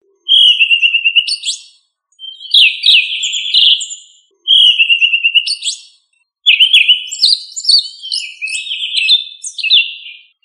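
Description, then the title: Thrush singing high whistled phrases, some opening with a steady clear note, breaking into warbled, twittering flourishes, repeated in short bursts with brief pauses between. Member of the thrush family Turdidae, given under the local name sabiá. "Familia Turdidae - Sabia"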